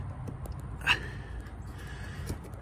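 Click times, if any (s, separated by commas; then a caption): 2.3 s. A red locking tab on an electrical connector in the EGR area of a 2017–2019 Ford F-250/F-350 engine bay is pulled back so the plug can be removed. Over a low background rumble, a loud breathy burst comes at about 0.9 s, and the tab gives a short click at 2.3 s. The click shows the tab has released.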